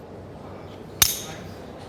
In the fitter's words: Did you hear that snap sound? That means I'm safely attached.